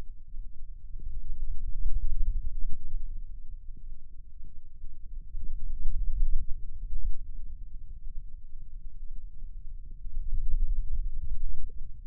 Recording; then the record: forearm muscle sounds (acoustic myography)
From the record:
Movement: finger pinch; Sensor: system 2, bracelet of six BSWA MPA416 microphones around the upper forearm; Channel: 1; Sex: male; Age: 22 years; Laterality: right